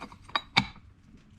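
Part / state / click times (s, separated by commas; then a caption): small clutch-side component into ATV engine case / seated / 0.4 s, 0.6 s. During clutch-side reassembly of a YFZ450 ATV engine, a small metal clutch-side part is pressed into its spot in the engine case. Two sharp metallic clicks ring out at 0.4 s and 0.6 s over a few faint ticks, and the part is seated in place.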